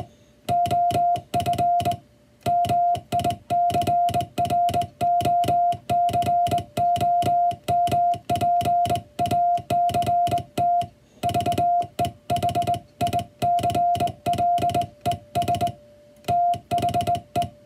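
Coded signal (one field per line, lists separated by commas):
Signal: Morse code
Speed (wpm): 21 wpm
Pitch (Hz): 700 Hz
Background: music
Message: OF MICROCOMPACT VEHICLES THE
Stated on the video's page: English Morse sending practice for the first-class radiotelegraph operator exam's five-minute sending test, counting characters sent in five minutes.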